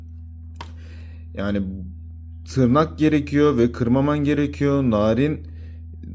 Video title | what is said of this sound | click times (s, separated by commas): POPRACE VS KAİDO HOUSE KARŞILAŞTIRDIK HOTWHEELS DAN DAHA MI İYİLER? | Şimdi kaputu tık diye kapandı. | 0.6 s